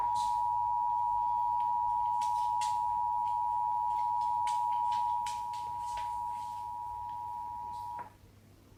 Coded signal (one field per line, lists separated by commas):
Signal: Emergency Alert System (SAME) tones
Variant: 853 and 960 Hz attention tone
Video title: EAS#6 NATIONAL PERIODIC TEST 9/28/16 KNBC